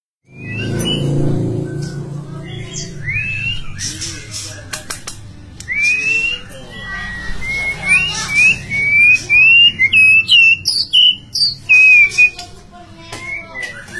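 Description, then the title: White-rumped shama song: low rumble at first, then a long sequence of varied whistled notes rising and falling, with some sharp clicks. "murai batu"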